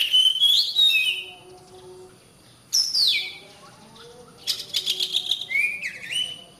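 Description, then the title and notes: Oriental magpie-robin singing three separate bursts: a scratchy whistled phrase, a loud downslurred whistle, then a busy twittering phrase ending in rising notes. "suara kacer. suara burung kacer"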